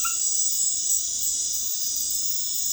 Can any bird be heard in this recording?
no